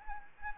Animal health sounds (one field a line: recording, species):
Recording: mosquito wingbeat signal from an infrared sensor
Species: Anopheles arabiensis